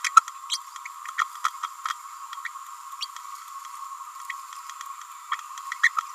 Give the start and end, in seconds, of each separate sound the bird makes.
0.49-0.60, 2.44-2.49, 3.01-3.07, 5.83-5.90